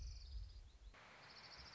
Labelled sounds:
Orange-crowned Warbler (Leiothlypis celata)
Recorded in Sonoma County, California

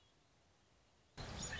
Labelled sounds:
Red-winged Blackbird (Agelaius phoeniceus)
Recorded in Sonoma County, California

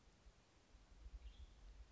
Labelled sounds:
Western Tanager (Piranga ludoviciana)
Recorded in Sonoma County, California

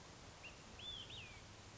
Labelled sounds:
Olive-sided Flycatcher (Contopus cooperi)
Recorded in Sonoma County, California

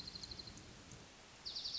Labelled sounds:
Dark-eyed Junco (Junco hyemalis)
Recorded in Sonoma County, California

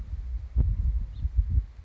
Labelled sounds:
House Finch (Haemorhous mexicanus)
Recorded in Sonoma County, California

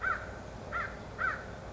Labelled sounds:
American Crow (Corvus brachyrhynchos)
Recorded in Sonoma County, California

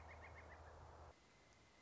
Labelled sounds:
Pileated Woodpecker (Dryocopus pileatus)
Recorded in Sonoma County, California

